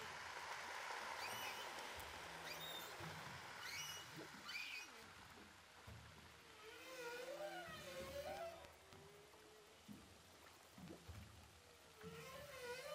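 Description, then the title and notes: Humpback whale wavering squeals and wails under water, with soft low moans beneath. Humpback whales recorded underwater with a DPA hydrophone off Saint-Paul, Réunion. "Baleines à bosse enregistrées à l'hydrophone DPA au large de saint Paul de la réunion"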